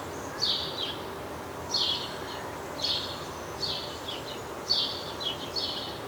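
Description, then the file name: House sparrow calling with harsh chirps, single and doubled, spaced irregularly about a second apart over background noise. "Passer domesticus"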